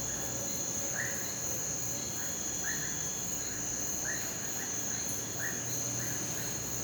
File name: Sapos perto depois longe ambiente rural a noite gravacao em xy coro de grilos e cigarras, cachorro longe